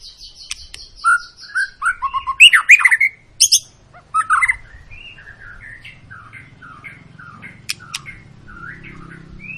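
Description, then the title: White-rumped shama singing a varied burst of whistles, clicks and harsh notes, loudest in the first half, trailing into quieter, spaced whistled notes. Long lure recording (pancingan) of a persistently singing (gacor) white-rumped shama, used to prompt other birds to sing. "Pancingan Murai Batu Gacor Panjang"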